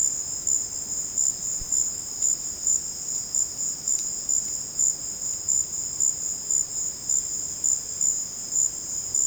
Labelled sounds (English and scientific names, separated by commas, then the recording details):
none
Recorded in secondary vegetation near Puerto Asís, Putumayo, Colombia, on 8 March 2025 at 16:00
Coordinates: 0.485, -76.322
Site G040